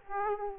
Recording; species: mosquito wingbeat signal from an infrared sensor; Aedes aegypti